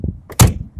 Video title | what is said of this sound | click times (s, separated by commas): 1972 Mercedes Benz 220D car revew | look just listen to The Doors very nice click to open them | 0.4 s